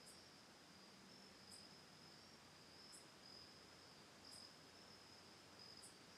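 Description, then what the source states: Steady high cricket trill runs throughout, joined by short sharp chirps about every one and a half seconds. Autumn night at a lakeside home on Cayuga Lake, Ithaca, New York, recorded October 10, 2020.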